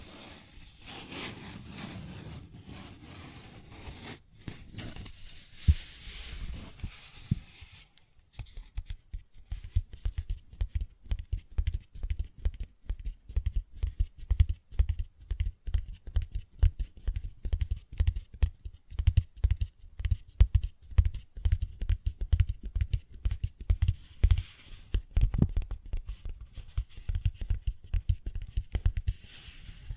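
Paper bag rustling and scratching for the first eight seconds, then rapid, uneven tapping with soft low thumps continuing to the end.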